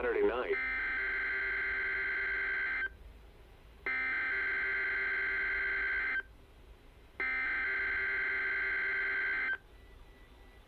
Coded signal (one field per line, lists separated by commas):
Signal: Emergency Alert System (SAME) tones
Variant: header bursts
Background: speech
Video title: EAS Required Weekly Test NOAA Weather Radio (RadioShack 12-889 Edition!) KEC65 Minneapolis Minnesota